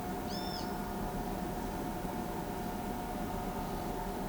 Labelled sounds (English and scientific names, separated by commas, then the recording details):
Roadside Hawk (Rupornis magnirostris)
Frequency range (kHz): Roadside Hawk (Rupornis magnirostris) 2.2-7.9 kHz
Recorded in pastures near Pivijay, Magdalena, Colombia, on 16 April 2023 at 11:00
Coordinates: 10.456, -74.369
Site P6-G026